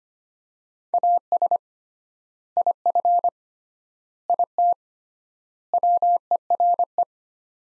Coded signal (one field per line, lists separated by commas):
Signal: Morse code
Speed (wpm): 25 wpm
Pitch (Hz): 700 Hz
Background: none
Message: AS IF IT WERE